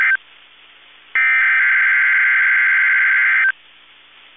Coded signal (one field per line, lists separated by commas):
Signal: Emergency Alert System (SAME) tones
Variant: header bursts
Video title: 3RD TIMES A CHARM EAS Required Weekly Test KEC65 12/2/20 (EAS #276-278)